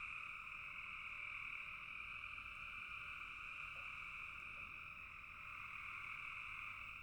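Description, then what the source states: Many frogs calling at once in a constant high, buzzy trill, with two brief low chirps in the second half. Frogs calling in a bog.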